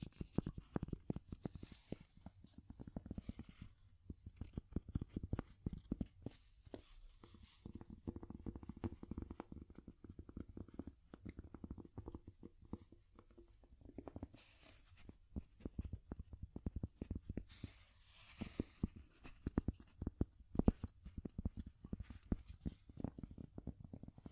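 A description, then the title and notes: Wooden tapping runs through the whole stretch, quick dry knocks landing in uneven clusters, sometimes dense rapid runs and sometimes sparse single taps. The taps are mostly low and woody, with brief brighter scratchy touches around 2, 15 and 18 seconds. ASMR Calming Wood Tapping (No Talking).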